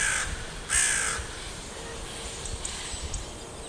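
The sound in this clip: Bird giving two harsh, hoarse caw-like calls close together, the second louder and longer, over a steady faint hum and light ticking sounds.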